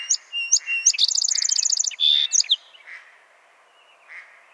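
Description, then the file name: Song sparrow song of whistled introductory notes, a rapid high trill and a buzzy note, followed by faint soft chirps. "Melospiza melodia - Song Sparrow"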